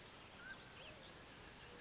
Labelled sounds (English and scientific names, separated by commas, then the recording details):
Mountain Quail (Oreortyx pictus)
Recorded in Sonoma County, California